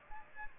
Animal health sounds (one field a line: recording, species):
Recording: mosquito wingbeat signal from an infrared sensor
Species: Aedes aegypti